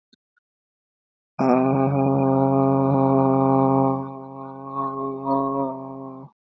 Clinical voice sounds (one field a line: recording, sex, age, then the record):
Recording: vowel held as long as possible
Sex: male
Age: 30 to 39 years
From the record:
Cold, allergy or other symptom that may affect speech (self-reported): no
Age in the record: 32 years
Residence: New York, United States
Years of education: 16